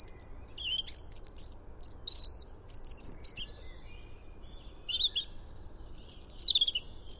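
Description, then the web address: European robin song: high, thin whistled phrases and quick trills, each phrase varying in pitch, delivered in bursts with short pauses between them. "SETE data Erithacus rubecula"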